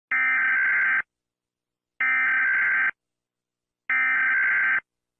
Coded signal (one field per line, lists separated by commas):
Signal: Emergency Alert System (SAME) tones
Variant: header bursts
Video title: Rating EAS Alarms: bruh moments